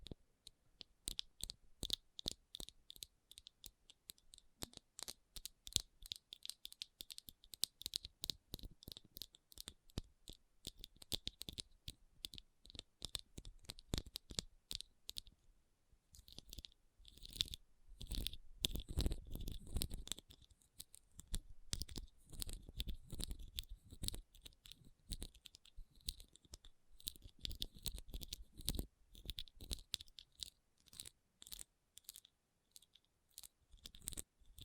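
Rhinestones are tapped and scratched in quick, dense clicks that run almost without pause, bright and crisp with a thin ringing tint. A brief lull comes near 15 seconds, then the clicking returns with heavier, rougher scraping that adds a low rumble around 20 seconds.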